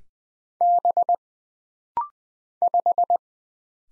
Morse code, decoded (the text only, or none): B 5